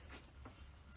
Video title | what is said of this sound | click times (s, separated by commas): Cherokee Therapy 21: Replace Timing Chain, Crank Seal, Harmonic Balancer, and Alternator (Part 2) | I don't know if you could hear that but there's an audible click | 0.5 s